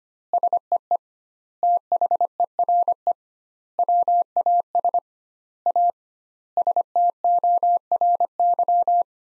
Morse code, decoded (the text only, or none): SEE THERE WAS A STORY